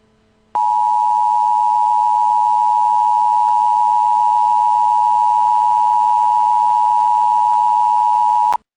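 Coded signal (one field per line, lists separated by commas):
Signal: Emergency Alert System (SAME) tones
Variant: 853 and 960 Hz attention tone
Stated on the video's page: Fictional EAS scenario.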